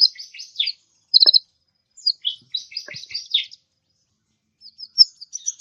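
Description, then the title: Mixed birds singing: bursts of bright, high twittering and chirps in quick clusters, separated by short silent gaps, with a sharp click heard twice. "Burung Campur"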